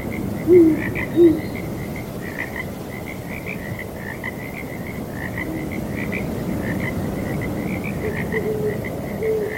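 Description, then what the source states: Owl hoots, two low short notes early on, over a steady chorus of trilling frogs and a breezy background hiss. Owls hooting at night alongside frogs, breezy weather.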